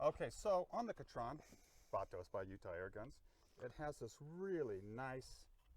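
A folding buttstock on an AirMaks Arms Katran .25 airgun rifle, brought by Utah Airguns, is handled before it is swung into its receiver hinge while someone talks. It has not locked or clicked yet.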